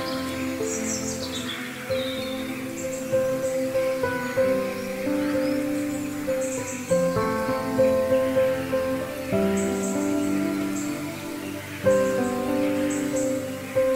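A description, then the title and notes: Slow meditation music of held, sustained chords that shift every two to three seconds, with a soft hiss underneath like light rain. Brief high bird chirps sound above the music near the start and again around the middle and end. Deep Meditation Music and Bird sounds.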